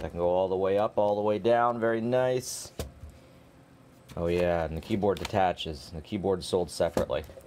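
Someone talks while handling a five-year-old Microsoft Surface Pro 3 tablet, moving its built-in back stand all the way up and down, then bringing the separately sold detachable type cover keyboard toward the magnetic connector on the tablet's bottom edge. Between the talking there is a quieter stretch with a brief sharp tick near 2.8 s and faint handling noise. The keyboard has not yet snapped onto the tablet; nothing has seated or clicked by the end of the clip.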